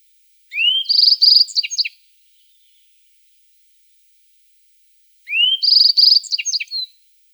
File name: Ovsjanka zheltobrovaja